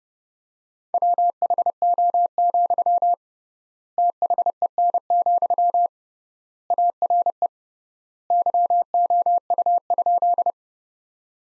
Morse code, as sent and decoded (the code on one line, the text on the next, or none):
.-- .... --- --..-- / - .... . -. --..-- / .- .-. . / -.-- --- ..- ..--..
WHO, THEN, ARE YOU?